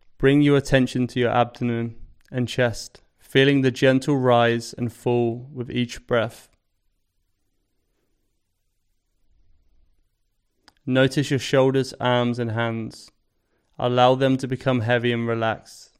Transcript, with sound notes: Bring your attention to your abdomen and chest, feeling the gentle rise and fall with each breath. [Pause 5 seconds] Notice your shoulders, arms, and hands. Allow them to become heavy and relaxed.